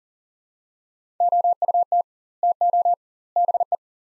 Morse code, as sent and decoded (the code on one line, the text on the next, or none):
--- ..- - / - --- / -... .
OUT TO BE